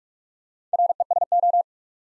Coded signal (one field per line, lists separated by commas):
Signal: Morse code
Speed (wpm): 44 wpm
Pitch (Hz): 700 Hz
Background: none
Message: RESO